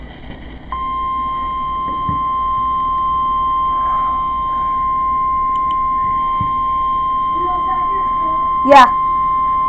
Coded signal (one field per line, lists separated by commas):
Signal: Emergency Alert System (SAME) tones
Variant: 1050 Hz attention tone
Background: speech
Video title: requierd weekly test 3/6/2019 [EAS #9]